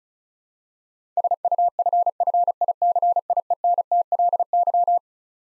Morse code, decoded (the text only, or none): SUFFICIENTLY